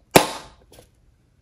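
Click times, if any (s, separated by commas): 0.2 s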